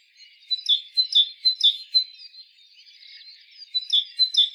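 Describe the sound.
Great tit calls: a run of bright, clipped high notes repeated quickly, then a softer stretch before the sharp notes resume.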